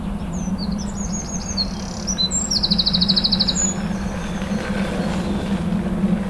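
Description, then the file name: Eurasian wren song: high, rapid trilled phrases and sharp notes, with a fast buzzy trill in the middle, over a steady low hum. "Troglodytes troglodytes"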